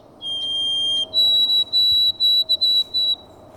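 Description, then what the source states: White-throated sparrow song: a clear pure whistle, then a higher held note broken into several short repeated whistles. Song recording played back from a phone bird app.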